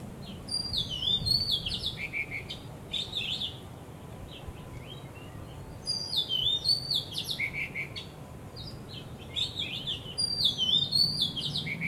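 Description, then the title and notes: Bird song in bursts of high, sweeping whistled and warbled notes, phrases roughly every three to five seconds, over a steady low rumble. Birds singing vigorously at Wu Kai Sha, Hong Kong, 15 December 2006; recorded with AKG condenser microphones in XY stereo. "香港 烏溪沙 雀鳥勁唱歌 Date: 15 December 2006"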